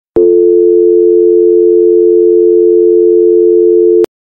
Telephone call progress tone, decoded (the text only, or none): dial tone